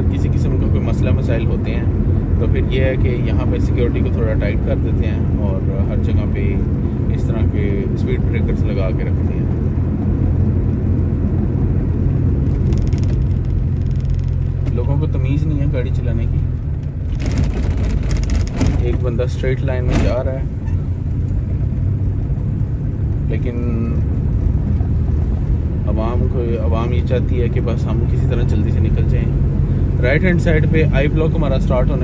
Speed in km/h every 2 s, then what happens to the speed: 28, 28, 28, 28, 28, 28, 9, 7, 11, 12, 14, 16, 17, 19, 20, 21.
0-10 steady at about 28. 10-13 brakes to 7. 13-32 speeds up to 21.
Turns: none.